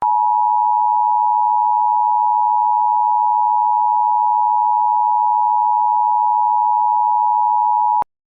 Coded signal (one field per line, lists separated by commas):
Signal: Emergency Alert System (SAME) tones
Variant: 853 and 960 Hz attention tone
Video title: EAS Simulacion / EAS Mock - Porque Georgia? (Video final de 2025, feliz año nuevo!)